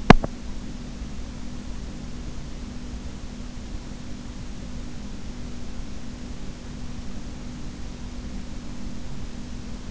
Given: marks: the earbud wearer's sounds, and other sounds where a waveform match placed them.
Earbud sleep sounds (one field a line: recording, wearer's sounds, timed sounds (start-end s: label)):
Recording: sounds in sleep by an in-ear microphone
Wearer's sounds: teeth grinding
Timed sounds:
0.00-0.32 s: teeth grinding